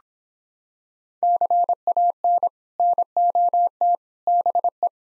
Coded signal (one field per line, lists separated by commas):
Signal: Morse code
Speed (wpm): 26 wpm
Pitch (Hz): 700 Hz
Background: none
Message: CAN NOT BE